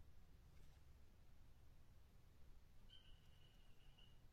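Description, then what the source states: Dyeing poison dart frog call: one steady, buzzy high trill lasting over a second, heard over a low background rumble. Dendrobates tinctorius calling, recorded at Tumucumaque.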